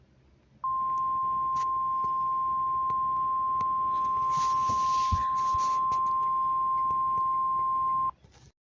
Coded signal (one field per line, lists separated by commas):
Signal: Emergency Alert System (SAME) tones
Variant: 1050 Hz attention tone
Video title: Tornado Warning (KOAX), NE/IA/MN Moderate Risk 4/12/22 (EAS 389)